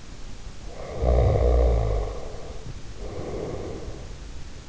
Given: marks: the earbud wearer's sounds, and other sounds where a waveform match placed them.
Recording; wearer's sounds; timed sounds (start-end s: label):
sounds in sleep by an in-ear microphone; snoring breath
0.72-4.30 s: snoring breath